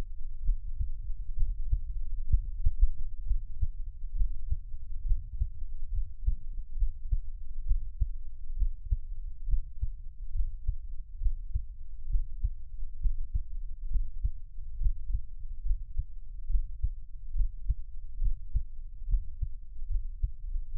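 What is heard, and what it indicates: Steady, low, muffled thumps repeat at roughly 67 beats a minute over a soft, constant low rumble, with no talking. A Taiwanese ASMR creator's own adult heartbeat heard up close, with a normal rate.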